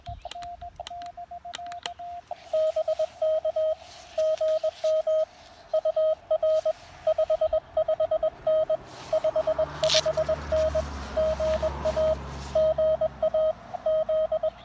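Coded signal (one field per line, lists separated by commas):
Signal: Morse code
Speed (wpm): 21 wpm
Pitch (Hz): 630 Hz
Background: radio noise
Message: BK GM UR 55N 55N GA GA Z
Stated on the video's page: CW during a Blue Ridge Parkway park activation using a lab599 TX-500 and a CHA MPAS 2.0 antenna.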